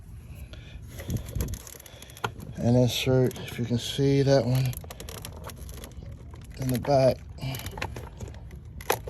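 On a Cadillac DTS, the second rear clip of the plastic air filter housing lid is being pushed toward its slot on the air box while someone talks. Light ticks and scrapes of handling are heard throughout. Nothing has seated or clicked yet.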